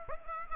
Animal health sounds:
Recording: mosquito wingbeat signal from an infrared sensor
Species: Aedes aegypti

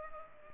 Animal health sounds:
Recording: mosquito wingbeat signal from an infrared sensor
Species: Culex pipiens

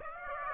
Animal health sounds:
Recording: mosquito wingbeat signal from an infrared sensor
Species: Aedes aegypti

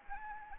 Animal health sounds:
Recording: mosquito wingbeat signal from an infrared sensor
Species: Anopheles arabiensis

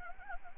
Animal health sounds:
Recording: mosquito wingbeat signal from an infrared sensor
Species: Anopheles gambiae

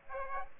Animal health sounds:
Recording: mosquito wingbeat signal from an infrared sensor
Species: Aedes aegypti

